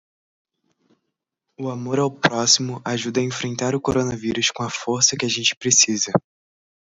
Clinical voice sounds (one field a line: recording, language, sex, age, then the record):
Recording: spoken sentence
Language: Brazilian Portuguese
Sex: male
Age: 18 to 19 years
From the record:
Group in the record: control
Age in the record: 19 years